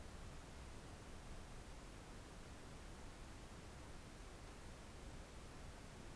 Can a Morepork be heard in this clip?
no